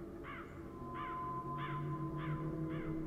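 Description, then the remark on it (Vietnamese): A flock of crows perched on a red silk-cotton tree at the entrance of a village caws in a steady series of five harsh, rasping calls, evenly spaced, over a continuous low rumbling background with a faint steady tone. “Đầu đó có bầy quạ bay về đậu trên cây gạo ngay đầu làng, kêu lên những tiếng thẳng thốt.”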